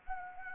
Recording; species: mosquito wingbeat signal from an infrared sensor; Anopheles gambiae